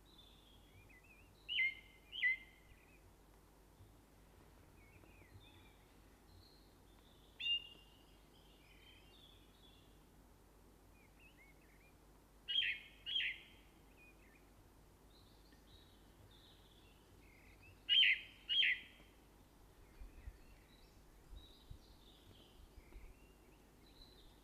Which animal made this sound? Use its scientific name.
Turdus torquatus